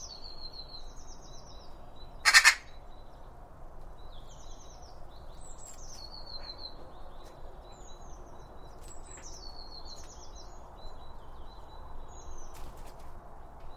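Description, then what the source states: Bird song, high thin whistled phrases and short trills repeating throughout, with a sharp loud click near two seconds over a low steady background hum. Birds around a bird feeder, recorded with two OM 1 microphones from Line Audio.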